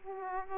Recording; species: mosquito wingbeat signal from an infrared sensor; Aedes aegypti